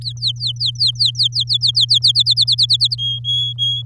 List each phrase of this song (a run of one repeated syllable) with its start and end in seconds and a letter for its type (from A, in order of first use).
0.01-1.99 A, 2.02-2.96 B, 2.98-3.82 C